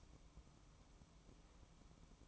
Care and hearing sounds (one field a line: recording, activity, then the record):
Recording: daily activity, microphone in the room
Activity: light off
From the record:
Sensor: 1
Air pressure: 1007.9 hPa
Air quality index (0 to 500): 115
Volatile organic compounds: 1 ppm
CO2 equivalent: 976 ppm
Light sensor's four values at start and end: 21/63/25/26 and 11/27/11/12